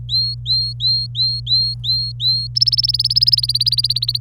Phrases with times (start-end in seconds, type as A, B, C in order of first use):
0.09-2.47 A, 2.55-4.20 B